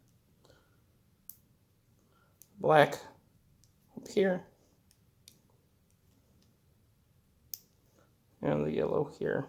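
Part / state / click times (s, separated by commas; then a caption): crimped female terminal into multi-pin connector housing / seated / 7.5 s. A crimped female terminal on the black wire is pushed into a multi-pin Mini-Fit Jr connector housing while someone talks, and a few faint ticks come between the words. A sharp, quiet click at 7.5 seconds marks the terminal seating in the housing.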